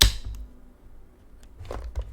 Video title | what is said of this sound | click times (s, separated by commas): Can A Pro Drifter Build A V8 IN Under AN HOUR ?? 😱😱 | We've got a click in. We've got a click in. | 0.0 s